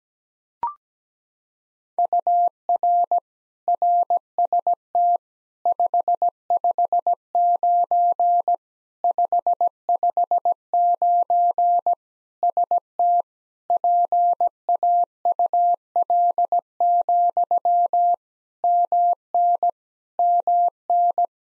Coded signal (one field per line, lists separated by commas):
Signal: Morse code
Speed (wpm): 17 wpm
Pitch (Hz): 700 Hz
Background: none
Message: UR RST 559 559 ST PAUL, MN MN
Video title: Practice QSO - Exchange 1- Beginning - 17wpm